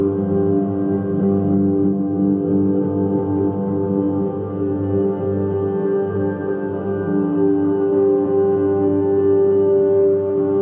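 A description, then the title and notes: Steady sustained tones ring without a break, like a singing bowl, with several stacked pitches holding level throughout. A low hum underneath wavers slightly, giving a gentle pulsing vibration, while the upper tones stay smooth and unchanging to the end. Chakra friendly tones and vibrations.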